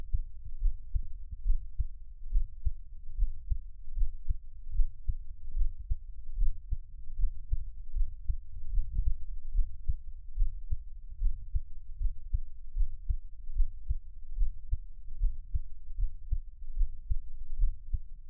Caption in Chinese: 獻上我的心跳 | Give my Heartbeat | NO Talking。